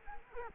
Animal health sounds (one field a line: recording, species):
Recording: mosquito wingbeat signal from an infrared sensor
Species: Culex quinquefasciatus